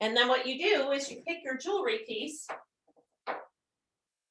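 Someone talks while picking up an interchangeable snap jewelry piece and lining it up with the socket on a snap bracelet or pendant base, just before pushing it in. The talking ends at about 2.6 seconds and is followed by faint brief sounds and a short burst near 3.3 seconds. Nothing has snapped or clicked into the base yet.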